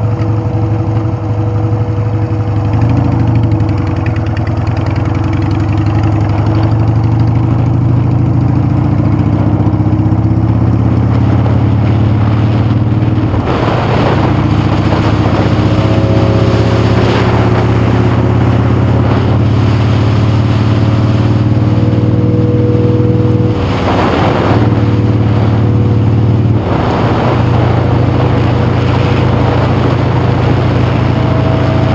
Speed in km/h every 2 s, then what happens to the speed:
3, 11, 18, 13, 26, 27, 29, 32, 37, 37, 40, 39, 39, 39, 35, 35.
0-13 speeds up to 32. 19-32 steady at about 39.